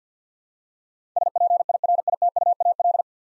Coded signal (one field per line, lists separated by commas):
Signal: Morse code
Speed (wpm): 50 wpm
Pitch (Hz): 700 Hz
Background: none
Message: SPIRITUAL